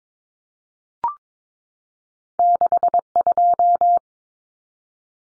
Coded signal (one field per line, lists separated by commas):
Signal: Morse code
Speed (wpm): 22 wpm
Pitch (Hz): 700 Hz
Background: none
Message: 62